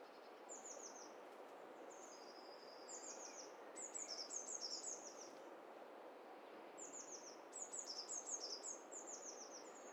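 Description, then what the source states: Several birds chirping at once, repeated high, falling notes overlapping in busy bursts, with faint hiss behind. Mixture of several birds recorded together, made in hi-fi stereo.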